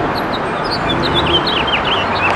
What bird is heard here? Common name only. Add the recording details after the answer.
House Finch. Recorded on Long Island, New York, on 28 June 2012. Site SB. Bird B